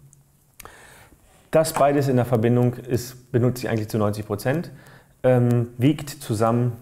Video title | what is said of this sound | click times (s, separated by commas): Stativ Review Manfrotto 055CXPRO4 | man muss sie dann erst mit diesem Knopf lösen das | 0.6 s